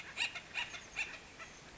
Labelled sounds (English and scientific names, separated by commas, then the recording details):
Oak Titmouse (Baeolophus inornatus)
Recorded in Sonoma County, California